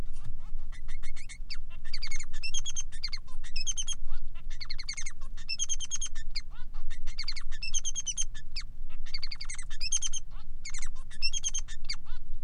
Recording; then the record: song of a male Bengalese finch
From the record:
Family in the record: son of father 3